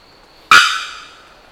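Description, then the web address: Bearded bellbird giving one sharp, ringing, explosive note that fades quickly into quiet background hiss. "bearded bellbird. صدای-پرنده-زنگمرغ-ریشدار"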